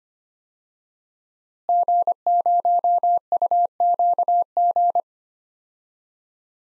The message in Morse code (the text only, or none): G0UQG